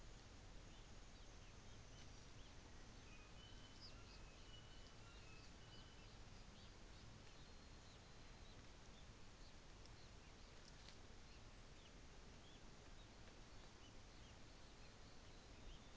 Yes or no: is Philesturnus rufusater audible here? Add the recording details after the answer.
no. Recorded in New Zealand on 24 December 2018. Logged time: 13:30